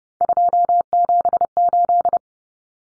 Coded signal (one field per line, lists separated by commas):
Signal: Morse code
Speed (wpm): 30 wpm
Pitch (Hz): 700 Hz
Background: none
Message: 278